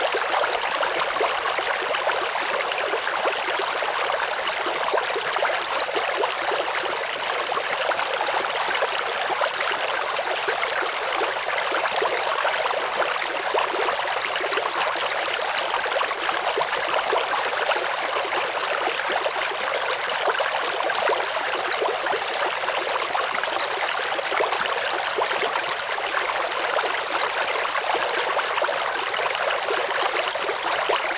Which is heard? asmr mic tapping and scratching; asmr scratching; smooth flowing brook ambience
smooth flowing brook ambience